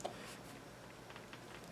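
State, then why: Not seated. A metal retaining clip with its ends bent back is pressed toward its groove in the housing of an Exmark/Toro hydrostatic steering pump. Only small taps are heard, at about 0.0, 0.1 and 1.3 seconds, over a quiet background. The clip has not snapped into the groove, and nothing has seated or clicked yet.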